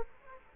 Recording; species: mosquito wingbeat signal from an infrared sensor; Culex quinquefasciatus